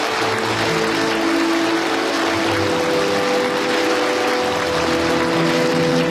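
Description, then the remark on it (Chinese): Warm, sustained applause from a large crowd at the opening of a China–Arab conference in the Great Hall of the People, Beijing, as Xi Jinping walks to the podium to speak: a dense steady patter of many hands clapping that holds at an even level throughout, with no voices over it. “热烈的掌声中，习近平走上讲台发表讲话。”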